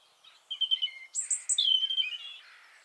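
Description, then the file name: European robin song: a sweet, high, wavering phrase with short piping notes, a sharp high flourish, then a long liquid trill. "Erithacus rubecula"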